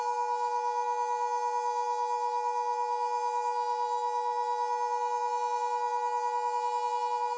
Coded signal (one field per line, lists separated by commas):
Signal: Emergency Alert System (SAME) tones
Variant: 853 and 960 Hz attention tone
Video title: KC Presents - EAS Scenario #5: Nuclear Implosion